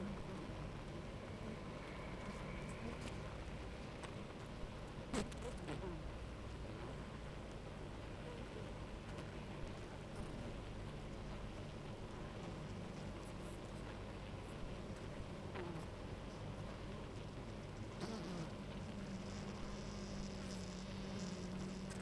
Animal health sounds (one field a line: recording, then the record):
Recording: honeybee colony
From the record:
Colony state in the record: active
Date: 28 July 2017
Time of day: 9:45